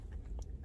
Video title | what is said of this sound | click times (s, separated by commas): Infiniti Q70 LED license plate light install | okay so you heard that click that means that side is good to go | 0.4 s